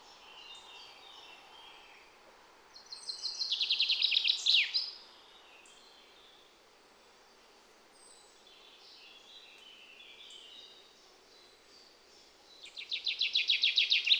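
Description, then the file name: Common chaffinch song, a loud trill ending in a flourish, with fainter similar songs in the background and another song starting near the close. "Fringilla coelebs"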